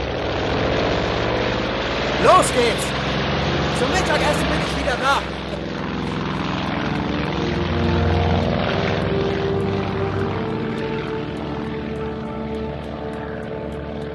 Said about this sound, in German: 31. Juli 1944. Der Flughafen Bastia Borgo in Korsika. 8.40 Uhr. Antoine startet die Motoren seiner im Sonnenlicht glänzenden P-38 Lightning.